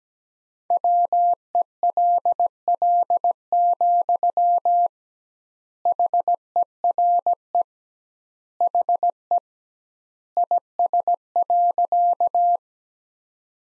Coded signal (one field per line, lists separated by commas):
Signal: Morse code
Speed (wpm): 17 wpm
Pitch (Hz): 700 Hz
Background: none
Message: WELL, HERE HE IS.